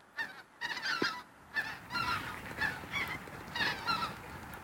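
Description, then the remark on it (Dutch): Large groups of geese honk repeatedly overhead in the early morning, overlapping nasal calls rising and falling in bursts over a soft, steady background rumble. “Grote groepen ganzen.”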